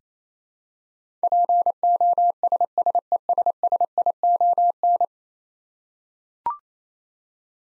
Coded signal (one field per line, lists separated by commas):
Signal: Morse code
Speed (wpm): 28 wpm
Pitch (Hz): 700 Hz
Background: none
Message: POSSESSION